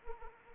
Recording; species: mosquito wingbeat signal from an infrared sensor; Anopheles arabiensis